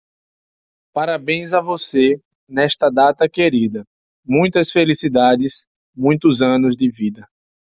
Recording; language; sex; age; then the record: short text; Brazilian Portuguese; male; 20 to 29 years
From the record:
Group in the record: control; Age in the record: 26 years